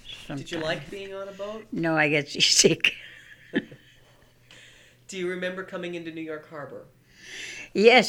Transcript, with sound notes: Did you like being on a boat?
No, I get seasick. ( she laughs )
Do you remember coming into New York Harbor?
Yeah.